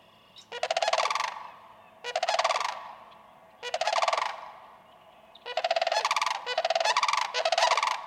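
Sandhill crane giving repeated loud, trilled bugling calls, three spaced calls followed by a quicker cluster of three.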